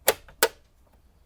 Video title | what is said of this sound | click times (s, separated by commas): This Is WHY YOUR FACTORY CAR STEREO SUCKS! | this should just click right in there | 0.4 s